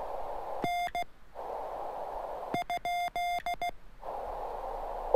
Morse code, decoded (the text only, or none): N ?